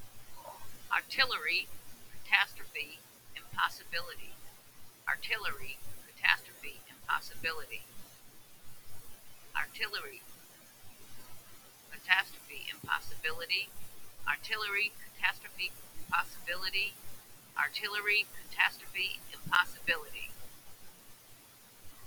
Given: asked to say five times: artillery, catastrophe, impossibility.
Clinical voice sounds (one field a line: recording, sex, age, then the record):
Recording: three words, each repeated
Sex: female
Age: 60 to 69 years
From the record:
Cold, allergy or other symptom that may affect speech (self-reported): no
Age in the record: 69 years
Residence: Rhode Island, United States